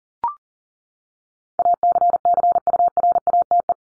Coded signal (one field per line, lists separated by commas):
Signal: Morse code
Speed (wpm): 40 wpm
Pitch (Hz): 700 Hz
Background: none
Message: ACCURATE